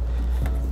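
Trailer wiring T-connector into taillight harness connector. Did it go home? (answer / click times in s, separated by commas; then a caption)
yes / 0.5 s. A passenger-side T-connector from a trailer lighting kit is plugged into the taillight harness connector of a 2017 Nissan Rogue, with both connectors in plastic housings. A short, sharp click sounds at 0.5 s over a steady low hum, showing the connector has seated and is nice and tight.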